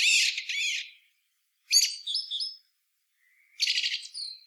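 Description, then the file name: Eurasian blackbird song: three separated phrases of high, chattering, buzzy notes, each ending in a thin squeaky tail, with quiet gaps between. "Turdus merula"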